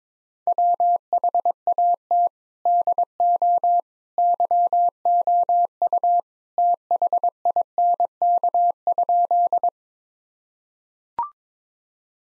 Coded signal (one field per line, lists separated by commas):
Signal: Morse code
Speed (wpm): 22 wpm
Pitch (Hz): 700 Hz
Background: none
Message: WHAT DO YOU THINK?